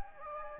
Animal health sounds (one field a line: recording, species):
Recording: mosquito wingbeat signal from an infrared sensor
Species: Anopheles gambiae